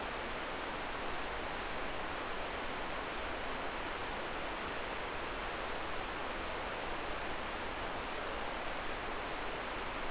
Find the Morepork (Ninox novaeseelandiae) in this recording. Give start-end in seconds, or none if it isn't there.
none